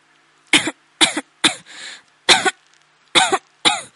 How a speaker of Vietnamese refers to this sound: Lâm Thu Thạch không ngừng ho sặc sụa, làn khói dày đặc khiến nước mắt chảy ràn rụa.